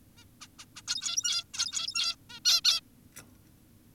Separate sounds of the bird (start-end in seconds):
0.18-0.24, 0.41-0.48, 0.59-0.65, 0.76-0.82, 0.88-1.44, 1.54-2.16, 2.30-2.40, 2.45-2.61, 2.65-2.81